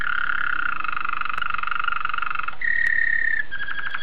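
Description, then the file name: Canary song: long, steady whistled tone with harmonics, then a higher held note and a fast rattling roll at the end. "suara kenari waterslager"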